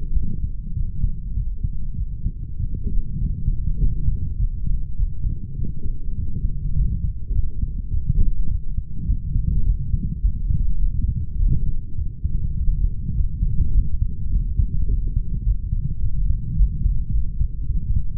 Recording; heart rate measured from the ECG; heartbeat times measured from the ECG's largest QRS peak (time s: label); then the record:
heart sounds by stethoscope; 103 bpm
0.16 s: heartbeat
0.77 s: heartbeat
1.37 s: heartbeat
1.98 s: heartbeat
2.60 s: heartbeat
3.21 s: heartbeat
3.81 s: heartbeat
4.40 s: heartbeat
4.99 s: heartbeat
5.59 s: heartbeat
6.19 s: heartbeat
6.78 s: heartbeat
7.36 s: heartbeat
7.94 s: heartbeat
8.51 s: heartbeat
9.09 s: heartbeat
9.66 s: heartbeat
10.23 s: heartbeat
10.81 s: heartbeat
11.39 s: heartbeat
11.98 s: heartbeat
12.58 s: heartbeat
13.16 s: heartbeat
13.75 s: heartbeat
14.32 s: heartbeat
14.90 s: heartbeat
15.46 s: heartbeat
16.03 s: heartbeat
16.59 s: heartbeat
17.14 s: heartbeat
17.69 s: heartbeat
From the record:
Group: healthy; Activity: light exercise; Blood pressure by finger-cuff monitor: 167/100 mmHg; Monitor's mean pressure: 124 mmHg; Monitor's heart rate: 102 bpm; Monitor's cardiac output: 8.1 L/min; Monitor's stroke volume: 79 mL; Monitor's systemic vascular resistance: 1120 dyn s/cm5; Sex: male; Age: 21 years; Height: 175 cm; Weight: 72.6 kg